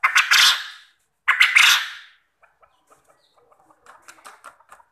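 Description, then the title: Quail calling in two loud, rasping bursts about a second apart, then quiet clicking and faint chatter. Quail call used as a lure (pancingan) to make other quail answer and call vigorously. "Burung Puyuh Mana Yang Tidak Nyaut Dan Gacor Dengan Pancingan Ini"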